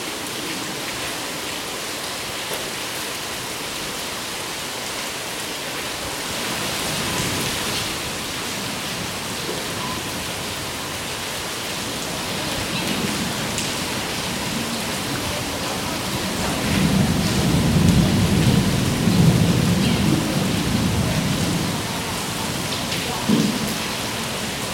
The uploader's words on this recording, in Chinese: 在學院的肅靜牌前，應該是肅然安靜的場合，卻因為雨的到來，添加了一絲風味。五月梅季。下雨的叢林。